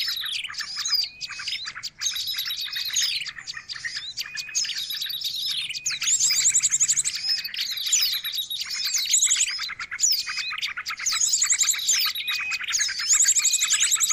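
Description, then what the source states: Bird chatter fills the whole stretch, a busy mix of sharp high chirps, whistled slurs and rapid trills, with bright rattling bursts recurring in the second half. Noisy birds used to lure birds.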